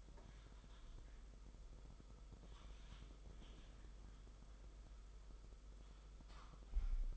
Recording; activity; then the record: daily activity, microphone in the room; typing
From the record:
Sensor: 5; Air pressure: 991.1 hPa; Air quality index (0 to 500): 131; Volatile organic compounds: 70 ppm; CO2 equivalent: 3520 ppm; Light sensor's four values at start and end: 38/119/45/48 and 38/119/45/48